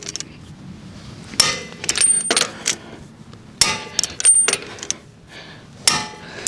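A preset torque wrench is pulled slowly on a wheel lug nut of a Cybertruck, so it doesn't click early before reaching torque. It gives sharp clicks at 1.4, 3.6 and 5.9 seconds, each followed by softer metallic rattles. Each click means the lug nut has reached the set torque.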